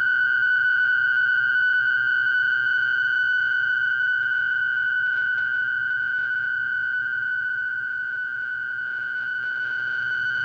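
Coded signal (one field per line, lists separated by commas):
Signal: fast PSK data mode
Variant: PSKR mode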